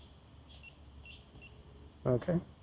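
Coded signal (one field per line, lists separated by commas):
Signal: none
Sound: a drone controller's beeps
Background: speech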